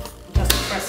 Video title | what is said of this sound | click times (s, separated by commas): Hoover Windtunnel 2 Bagless Upright Vacuum Cleaner test | it in you hear the click that means it's all set | 0.5 s